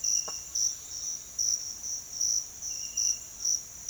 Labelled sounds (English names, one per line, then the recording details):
none
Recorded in pastures near Puerto Asís, Putumayo, Colombia, on 22 June 2025 at 07:00
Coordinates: 0.502, -76.324
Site G010